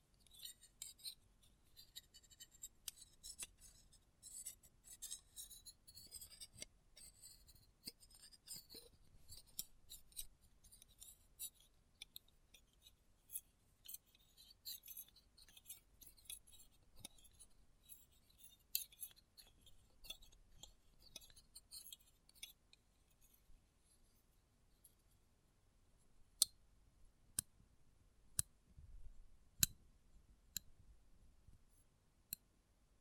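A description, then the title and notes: Metallic sounds: dense bright clicks and scrapes for about twenty-two seconds, then sparse sharp ticks, with faint low rumbling throughout. ASMR Close Up Metallic Sounds (No Talking).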